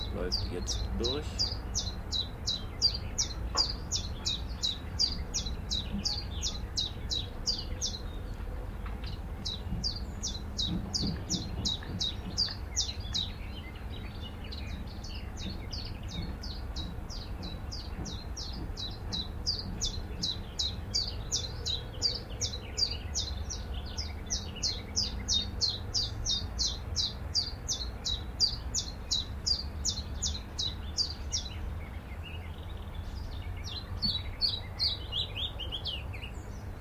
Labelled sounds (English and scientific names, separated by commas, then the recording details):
Willow Warbler (Phylloscopus trochilus)
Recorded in captivity
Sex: male
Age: adult
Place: Volierenanlage, Zoologisches Institut Universität Tübingen, Baden-Württemberg, DE
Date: 1966-06-16
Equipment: Nagra III PH, MD 421, LGS26
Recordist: Schneider, Hans-Joachim